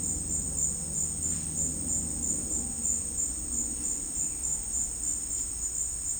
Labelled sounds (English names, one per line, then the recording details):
none
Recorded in dense forest near Puerto Asís, Putumayo, Colombia, on 26 December 2024 at 11:00
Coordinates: 0.485, -76.318
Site GP03